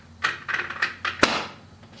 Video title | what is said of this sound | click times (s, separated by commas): Découpe légumes râpeuse Wunder Slicer pour Monsieuir Cuisine Smart Connect de Wundermeix | Et en fait, vous venez juste appuyer et je vais me taire pour que vous entendiez le clip. | 1.2 s